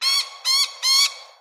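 Lorikeet screeches, three harsh, rasping squawks in quick succession.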